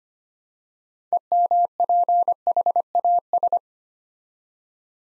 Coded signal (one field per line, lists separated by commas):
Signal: Morse code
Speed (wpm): 25 wpm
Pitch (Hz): 700 Hz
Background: none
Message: EMPHAS